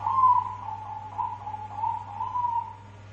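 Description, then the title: Dove song, a run of rounded cooing notes linked into a single phrase that drops a little after the first note, over a constant low hum. "Canto Da Pomba"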